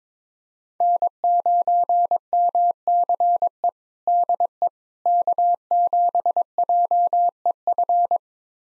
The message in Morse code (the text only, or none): N9MCE DE K7JEF